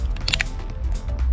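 A second windshield wiper blade is pushed onto its wiper arm hook on a Honda Pilot, and its plastic clip adapter snaps into place with sharp clicks at 0.3, 0.3 and 0.4 seconds. The blade is seated on the arm.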